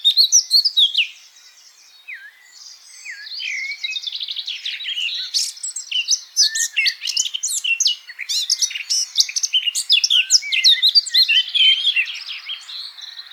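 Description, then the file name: Eurasian blackcap song that opens with a few sharp notes, falls quiet briefly, then runs into a long, busy warble of squeaky twitters and rattling notes. "Sylvia atricapilla"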